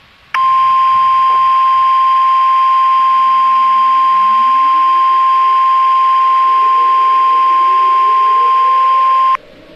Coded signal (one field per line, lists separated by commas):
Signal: Emergency Alert System (SAME) tones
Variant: 1050 Hz attention tone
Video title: EAS Mock: Generic Texas Tornado (2023 Remaster)